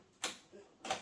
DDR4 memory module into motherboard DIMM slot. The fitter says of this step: you'll hear it click